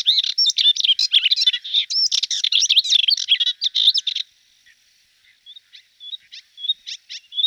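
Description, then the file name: Hippolais warbler song: rapid jumbled chatter and squeaky whistles for about four seconds, then a pause followed by scattered short chirps. "hypolais"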